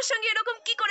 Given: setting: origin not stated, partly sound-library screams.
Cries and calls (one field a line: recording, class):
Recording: one-second piece from a danger detection set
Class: woman in danger